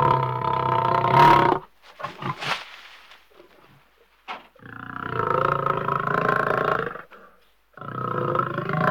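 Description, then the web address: Lion growling in rough, drawn-out rumbles, three main bouts separated by pauses and softer breathy sounds. "KMP Film Video Sound Effects. Leeuw - Grommend"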